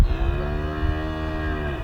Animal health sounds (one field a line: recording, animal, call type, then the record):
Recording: contact call of a hoofed animal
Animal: cattle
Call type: low-frequency (closed-mouth) or high-frequency (open-mouth) call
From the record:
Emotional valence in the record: negative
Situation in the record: full separation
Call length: 1.84 s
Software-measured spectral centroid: 1720 Hz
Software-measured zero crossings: 940 a second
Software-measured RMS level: -23 dBFS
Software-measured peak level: -6 dBFS